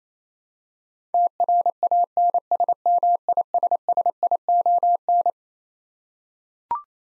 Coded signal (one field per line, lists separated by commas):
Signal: Morse code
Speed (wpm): 27 wpm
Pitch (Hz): 700 Hz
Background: none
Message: TRANSMISSION